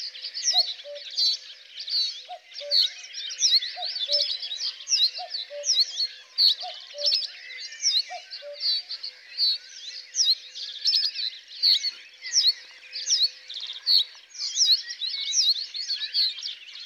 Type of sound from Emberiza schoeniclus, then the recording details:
song. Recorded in the wild. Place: Flögelner See, Schleswig-Holstein, DE. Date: 1999-05-04. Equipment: MiniDisc Sony MZ-R35, Telinga DAT, Telinga-Parabolspiegel. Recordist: Schwarz, Dieter. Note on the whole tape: Song